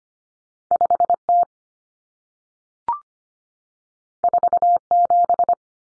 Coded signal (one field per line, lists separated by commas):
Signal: Morse code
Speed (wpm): 25 wpm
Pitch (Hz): 700 Hz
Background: none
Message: 5T 47